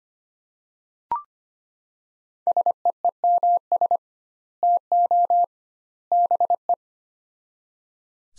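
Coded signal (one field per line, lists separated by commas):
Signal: Morse code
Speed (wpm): 25 wpm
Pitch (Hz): 700 Hz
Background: none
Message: SEEMS TO BE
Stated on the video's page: Morse practice of three-word sets at 25 wpm with doubled word spacing, a Farnsworth-like method.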